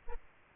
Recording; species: mosquito wingbeat signal from an infrared sensor; Aedes aegypti